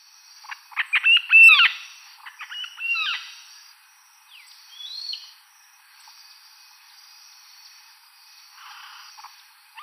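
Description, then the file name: Red-fan parrot calling in rough, nasal squawks, a loud cluster early on, then sparser softer notes and short slurred whistles, fading into quiet. "Deroptyus accipitrinus"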